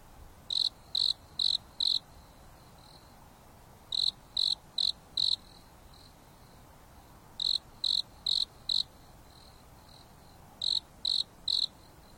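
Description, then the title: Insect song in bursts of three or four sharp, even chirps, groups repeating roughly every three seconds, quieter chirps in the gaps, steady soft background hiss. Insects singing leisurely at night under a starry sky on a mountain top, with a gentle breeze blowing. "There is a gentle breeze blowing on the top of the mountain under the starry sky, and the insects are singing leisurely."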